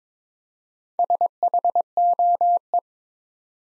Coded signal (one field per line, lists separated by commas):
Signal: Morse code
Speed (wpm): 22 wpm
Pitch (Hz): 700 Hz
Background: none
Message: SHOE